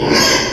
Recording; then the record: squeal of a Yucatan mini pig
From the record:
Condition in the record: before surgery on the right vocal fold (resection and tissue-engineered implant); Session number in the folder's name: 1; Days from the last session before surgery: -3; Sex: male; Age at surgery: 12 weeks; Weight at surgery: 13 kg